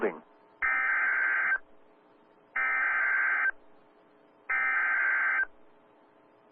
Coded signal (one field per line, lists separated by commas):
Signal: Emergency Alert System (SAME) tones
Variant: header bursts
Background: speech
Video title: First US EAS Capture NOAA EAS #4